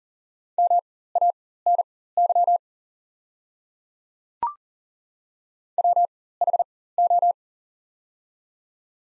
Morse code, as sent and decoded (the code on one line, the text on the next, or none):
-- .- -. -.-- / .-- .... ---
MANY WHO